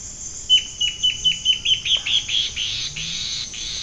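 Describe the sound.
Bird gives a string of short, piercing high notes running into a buzzy trill before fading into a steady hiss.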